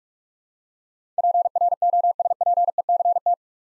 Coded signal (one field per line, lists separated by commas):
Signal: Morse code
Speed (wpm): 43 wpm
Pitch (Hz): 700 Hz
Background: none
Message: PROSPECT